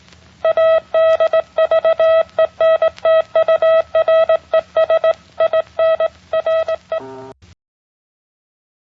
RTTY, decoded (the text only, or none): none